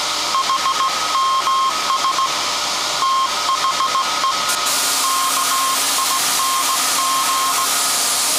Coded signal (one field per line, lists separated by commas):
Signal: Morse code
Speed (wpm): 18 wpm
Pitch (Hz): 1070 Hz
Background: none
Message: HMS THE KING